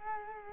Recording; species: mosquito wingbeat signal from an infrared sensor; Culex quinquefasciatus